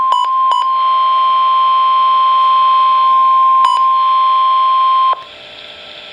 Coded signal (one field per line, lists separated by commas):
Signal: Emergency Alert System (SAME) tones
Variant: 1050 Hz attention tone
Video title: Flood Warning for Urban Areas (EAS #848) 6-7-13